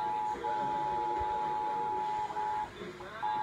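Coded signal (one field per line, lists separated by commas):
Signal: Emergency Alert System (SAME) tones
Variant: 853 and 960 Hz attention tone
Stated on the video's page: Severe Thunderstorm Warning received on a TV station's digital subchannels.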